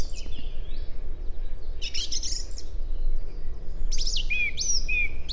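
Song thrush singing varied phrases: a descending whistled figure, a burst of harsh high notes, then a clear whistled phrase given twice. A low steady hum runs underneath.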